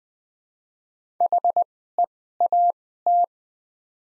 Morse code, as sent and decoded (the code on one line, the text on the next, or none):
.... . .- -
HEAT